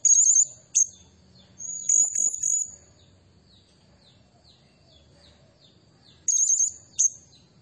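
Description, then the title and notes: Blue-crowned hanging parrot giving piercing high trills in quick bursts with clipped single notes. Used as a lure and as a tutor recording for training birds; the bird sings vigorously in the 'nembak' and 'gacor' style. "Burung Serindit Nembak Gacor. Suara Nasteran Dan Pemikat Burung Serinditan Gacor"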